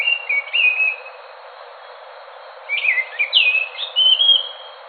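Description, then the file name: Scaly thrush song: a thin whistled phrase, a pause, then a jumbled phrase of slurred whistled notes, over a steady hiss. "anis macan. omkicau"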